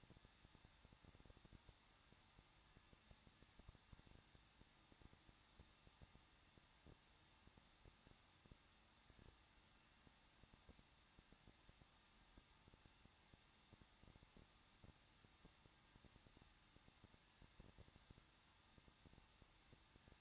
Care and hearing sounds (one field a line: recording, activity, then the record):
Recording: daily activity, microphone in the room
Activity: no activity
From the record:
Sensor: 3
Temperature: 21.2 degrees Celsius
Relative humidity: 36.3%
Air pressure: 1006.4 hPa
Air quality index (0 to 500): 221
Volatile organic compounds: 40 ppm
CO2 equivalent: 3145 ppm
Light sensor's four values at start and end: 2/3/2/2 and 2/3/2/2